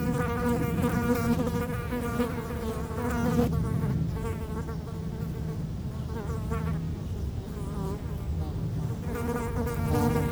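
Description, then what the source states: Fly buzzing in overlapping wavering drones, dipping quieter around the middle, then building again at the end, with low wind rumble underneath. Flies feeding on dung, close-up; Chemin de Lombardil, Fenouillet, France, near Blagnac airport; windy day; recorded with Sennheiser MKH8040 ORTF pair and SD MixPre6.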